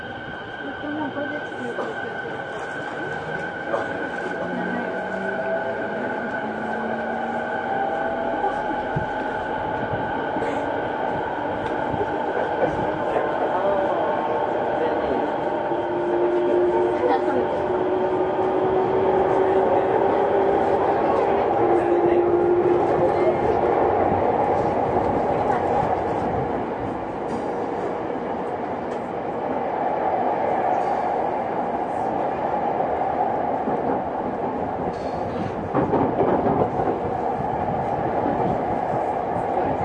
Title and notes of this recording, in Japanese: 東京臨海高速鉄道70-000形 新宿〜新木場。JR埼京線→りんかい線の区間で録音